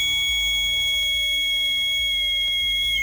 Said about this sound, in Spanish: El experimento fue muy sencillo y en lo que consistía era hacer una serie de pruebas sistemáticamente. Fueron palmadas, voces femeninas, masculinas, las dos juntas. Silbatos uno o dos intermitentes.